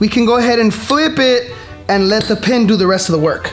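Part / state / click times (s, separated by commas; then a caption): wrist pin lock clip into piston pin bore groove / not seated / none. While building a 1,000 hp B18 short block for an AWD Honda Civic Si EM1, a wrist pin lock (spiral lock clip) has been clicked in on one side at the top of the piston pin bore groove, and the piston is about to be flipped so the pin pushes the lock the rest of the way. Someone talks throughout, with music in the background. Nothing has seated or clicked yet in this clip.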